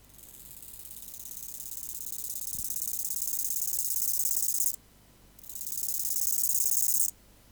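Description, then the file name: Bow-winged grasshopper song: a slowly swelling high rasp, then after a short pause a second rasping phrase of about two seconds. "Chorthippus biguttulus"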